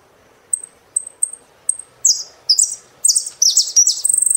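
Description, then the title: Saffron finch song: a few high, clipped chips that speed up into loud, buzzy, warbled phrases, ending in a fast rattling trill. "Jilguero Argentino"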